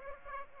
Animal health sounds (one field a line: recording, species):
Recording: mosquito wingbeat signal from an infrared sensor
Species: Aedes aegypti